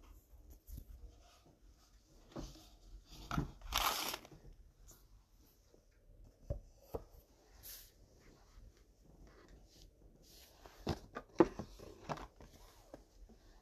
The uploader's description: Getting up, coffeebrewing , catmeowing, firestarting, snowwalking, cofeesipping, writing